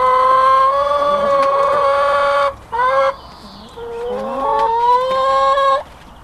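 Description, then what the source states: Chicken: hens calling loudly in long harmonic notes, a short burst between them, then another sustained call rising slightly, with a small bird whistling faintly. Hens, recorded 5 April 2014 on an MZ-N710 recorder.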